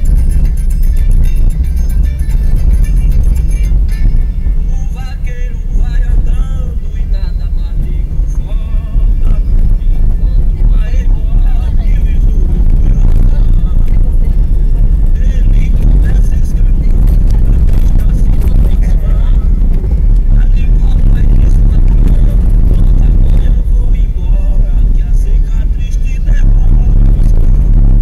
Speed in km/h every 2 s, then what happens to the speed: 30, 31, 27, 28, 30, 32, 32, 32, 33, 35, 38, 38, 37, 36.
0-5 steady at about 30. 5-20 speeds up to 38. 20-28 steady at about 37.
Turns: none.